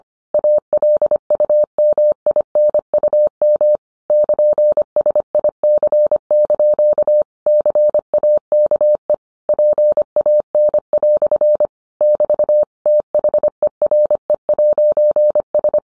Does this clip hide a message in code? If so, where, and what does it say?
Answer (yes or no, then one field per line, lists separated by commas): yes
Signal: Morse code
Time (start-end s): 0.3-15.8 s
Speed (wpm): 25 wpm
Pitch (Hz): 600 Hz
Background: none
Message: ALUMINUM <KN>SIC) CAKE PAN" <BT> THERE'S